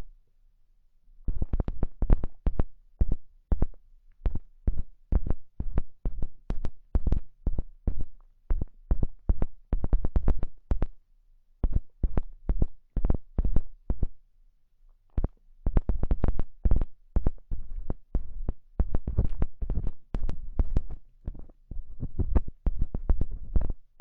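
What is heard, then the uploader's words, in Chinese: Various sticks are used to clean the ears, giving a rapid series of short scraping, rustling strokes with a steady low thump beneath. The strokes come in dense bursts of several per second, with brief pauses near 1, 11 and 15 seconds. 用各种棒棒清理你的耳朵。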